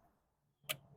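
A replacement coolant overflow hose with a pre-installed plastic clip is pushed onto its coolant reservoir fitting on a BMW M54 or M52 engine. After a quiet stretch, a single sharp, bright click sounds at 0.7 s, followed by a brief low rumble. The quick-connect is seated and the job is done.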